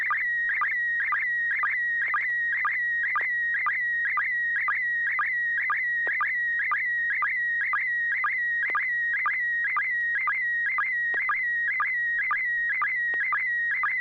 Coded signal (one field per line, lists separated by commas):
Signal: SSTV (slow-scan television)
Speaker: yeah looks like a rotator to me uh disassembled on Joel's bench